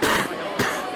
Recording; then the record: coughing mixed with background sound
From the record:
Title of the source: 31 night wet cough